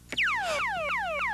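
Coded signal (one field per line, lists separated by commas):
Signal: emergency beacon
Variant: ELT swept tone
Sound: rapidly repeating falling wail-like tone sweeps, about four in 1.4 seconds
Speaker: To audibly check the ELT, you must dial the aircraft radio to 121.5 MHz, place the ELT in the test mode, and listen for the swept tone.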